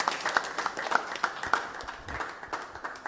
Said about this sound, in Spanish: Bueno. Otro aplauso. Muy bien.